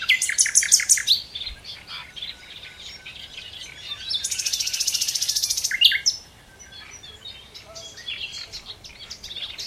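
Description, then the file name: Common nightingale opens with rapid pulsed notes, then a sustained, buzzy, evenly pulsing trill for about two seconds, followed by quieter background. "Luscinia megarhynchos"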